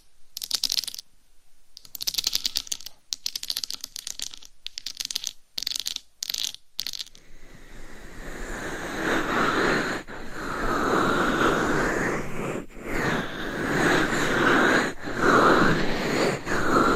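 Fingernails scratch and tap on a microphone cover. For the first seven seconds the sound comes in short, crackly bursts of rapid clicks separated by brief silences, then it turns into a continuous, louder, dense rubbing broken only by a few quick pauses.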